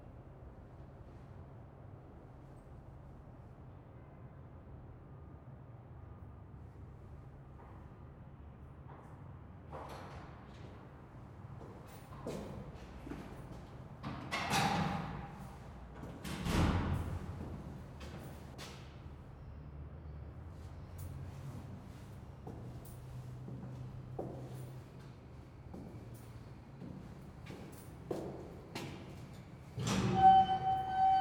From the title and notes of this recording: Ambience Stairway Near Elevator 02.